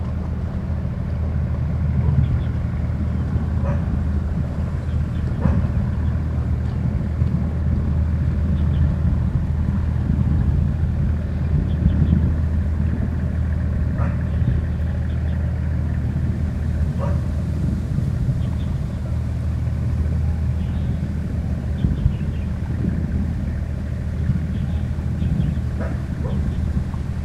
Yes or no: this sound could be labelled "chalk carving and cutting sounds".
no